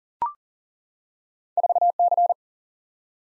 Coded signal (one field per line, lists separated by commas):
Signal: Morse code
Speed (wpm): 40 wpm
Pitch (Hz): 700 Hz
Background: none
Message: 4C